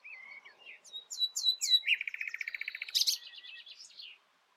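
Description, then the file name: Common nightingale song: a soft whistle, quick sliding notes, then a loud rapid buzzy trill of about a second, ending in high sharp notes. "Luscinia megarhynchos"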